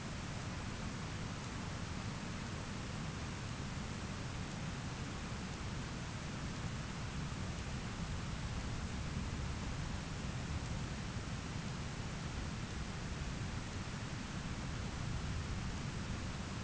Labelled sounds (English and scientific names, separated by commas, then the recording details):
none
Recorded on Arctic tundra, site ZACK-1, on 13 June 2019
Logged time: 09:49